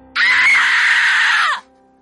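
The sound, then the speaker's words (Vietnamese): A woman lets out a single loud, high-pitched scream of horror at a terrifying sight, sustained for over a second at a steady pitch before cutting off abruptly. “Một cảnh tượng hãi hùng hiện ra làm cho tôi hoảng hồn, không kiềm được mà đã phải hét lên.”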